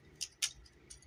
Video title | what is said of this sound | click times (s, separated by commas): Black Mamba Underscaled TLK Optimus Prime | then we're going to spin this 180 until it just kind of locks into place | 0.4 s